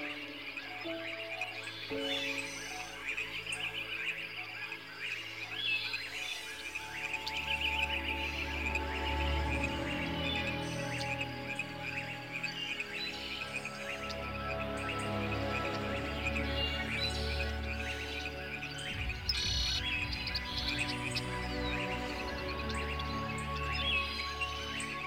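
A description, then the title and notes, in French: Birds chirp and call throughout, bright, over soft sustained music with steady held tones. From about six seconds a low deep swell joins underneath and stays, briefly dropping near nineteen seconds before returning. The overall level stays even. Sons Relaxants de la JUNGLE et MELODIES Calmantes. Les sons relaxants des oiseaux et la musique douce pour dormir.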